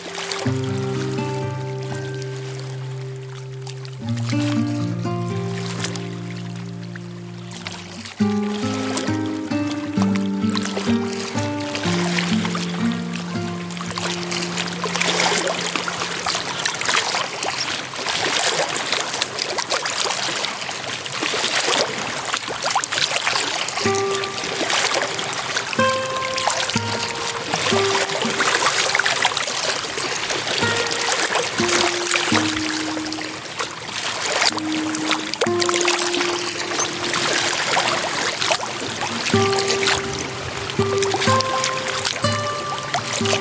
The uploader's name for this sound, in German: Natur - Fuschlsee, Salzburger Land